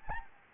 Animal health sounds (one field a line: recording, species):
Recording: mosquito wingbeat signal from an infrared sensor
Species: Anopheles arabiensis